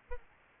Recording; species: mosquito wingbeat signal from an infrared sensor; Aedes albopictus